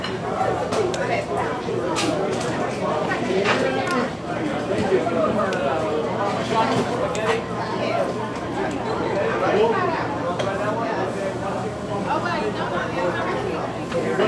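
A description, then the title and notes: A pizza parlor atmosphere filled with overlapping chatter from many voices, steady and dense throughout with no pauses. Occasional sharp clinks and knocks, like dishes or utensils, pop out of the murmur, and a faint low hum sits underneath. Pizza Parlor Atmosphere.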